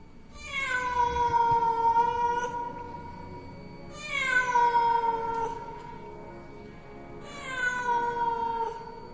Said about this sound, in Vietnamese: Lúc sắp nhập quan ấy thế nào mà tiếng mèo hoang nó kêu lên thảm thiết. Cho dù mọi người căng mắt tìm kiếm nhưng tuyệt nhiên không thấy bóng dáng con mèo nào đâu. Mọi người cứ cắm cúi động quan, ở xung quanh vẫn văng vẳng tiếng con mèo nó kêu.